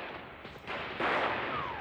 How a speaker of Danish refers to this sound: Andre indianer var nu trængt ind i togets vogne, og der opstod et kæmpe slagsmål. Indianerne plyndrede toget og smed alt bagage ud af vinduerne. Kuglerne hvinede.